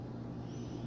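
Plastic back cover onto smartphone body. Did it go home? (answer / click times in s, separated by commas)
no / none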